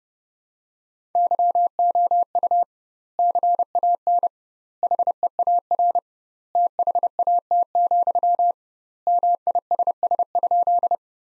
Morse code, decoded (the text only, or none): YOU CAN HEAR THAT, MISS?